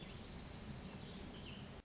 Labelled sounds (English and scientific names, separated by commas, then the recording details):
Dark-eyed Junco (Junco hyemalis)
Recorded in Sonoma County, California